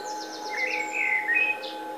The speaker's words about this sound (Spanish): Sonidos relajantes de la naturaleza, agua y pajarillos. Relaxing nature sounds with water and birds.